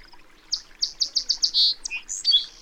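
Bird song: a quick series of about six high notes, a buzzy trill, then varied squeaky chirps, with light background noise.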